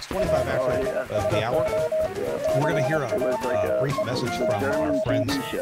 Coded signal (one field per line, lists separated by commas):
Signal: Morse code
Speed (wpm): 25 wpm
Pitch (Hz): 630 Hz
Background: speech, music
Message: ALSO CAME TO